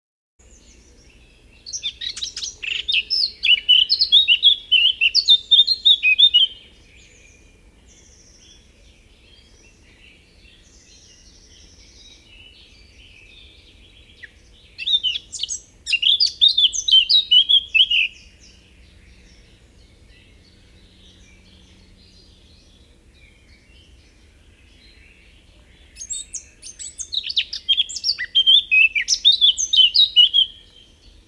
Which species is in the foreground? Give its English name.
Eurasian Blackcap